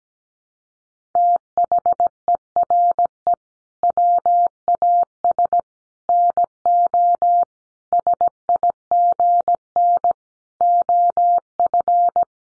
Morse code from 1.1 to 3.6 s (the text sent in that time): THERE